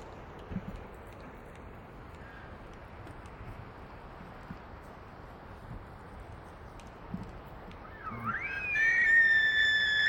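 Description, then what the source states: Elk bugling: after several seconds of wind and faint rustling, a whistled call sweeps upward and holds a high sustained tone with strong overtones until the end. Several small elk herds moving through tall pine stands in strong mountain wind, males bugling back and forth while females choose which to follow.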